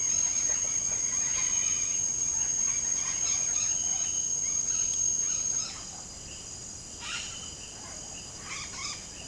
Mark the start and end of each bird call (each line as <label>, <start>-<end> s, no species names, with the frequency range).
bird call (0.8-4.1 kHz), 0.00-1.94 s
bird call (0.6-6.1 kHz), 2.39-5.83 s
bird call (0.5-5.6 kHz), 6.98-7.33 s
bird call (0.6-7.3 kHz), 8.42-9.02 s